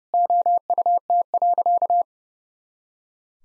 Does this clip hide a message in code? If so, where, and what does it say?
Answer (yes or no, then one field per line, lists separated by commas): yes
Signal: Morse code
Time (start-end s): 0.1-2.0 s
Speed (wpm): 30 wpm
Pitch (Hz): 700 Hz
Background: none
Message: OUT.